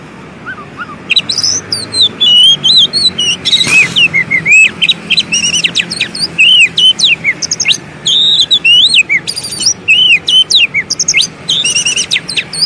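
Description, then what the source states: Oriental magpie-robin song: rapid sequence of rising and falling whistled notes, chips and rattling trills, near-continuous after a quiet start. Long-duration filler song (isian) for training kept birds to sing actively day and night.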